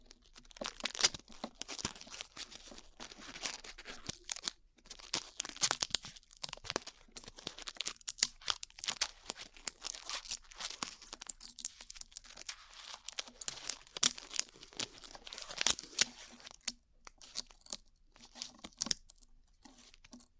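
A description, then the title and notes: Dried glue being peeled off ears, heard as a steady run of sharp, bright crinkling and tearing crackles with tiny sticky snaps. The sounds come in dense, irregular bursts, with brief pauses around five and seventeen seconds, and a faint low hum underneath throughout. ASMR Peeling Glue Off Your Ears (No Talking).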